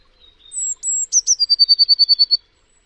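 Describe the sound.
Bird calling with a pair of very high whistled notes followed by a rapid, steady series of short chips, in otherwise quiet surroundings.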